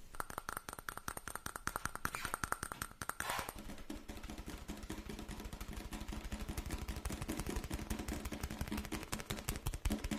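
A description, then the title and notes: Fast, steady tapping runs throughout in dense rapid clicks, brighter with a ringing tone for the first three seconds, then duller and lower. Fast Tapping Deluxe Edition [Binaural Eargasm].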